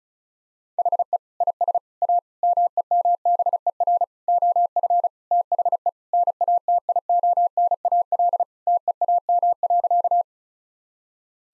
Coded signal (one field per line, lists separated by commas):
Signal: Morse code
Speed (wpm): 36 wpm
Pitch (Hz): 700 Hz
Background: none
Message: HE IS A MEMBER OF THE NATIONAL TEAM.